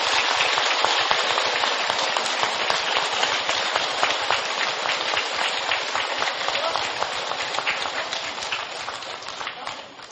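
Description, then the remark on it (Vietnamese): A crowd applauds steadily for about ten seconds at an award ceremony, as the Vice President of Buddhism Today Association is invited to present award tokens to the winners; a dense, crackling wash of many hands clapping at once that stays loud throughout before easing slightly at the very end. “Xin chào một tràng pháo tay thật lớn.”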